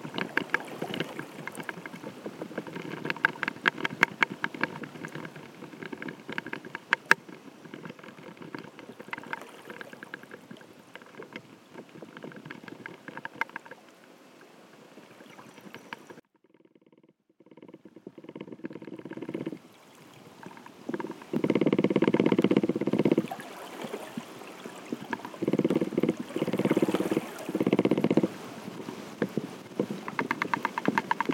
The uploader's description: symphony of whale songs